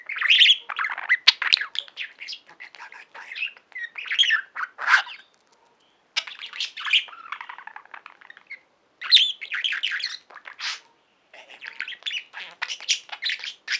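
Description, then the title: Budgerigar warbling chatter, long runs of chirps, clicks and whistled notes broken by a few short pauses. "Budgie Sounds"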